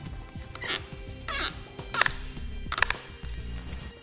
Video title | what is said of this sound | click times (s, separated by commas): etrailer - Does the Yakima RidgeLine Roof Rack for Flush Rails Suit Your 2017 Chevrolet Trax | guessed it we're looking for three clicks and | 2.0 s, 2.1 s, 2.8 s, 2.9 s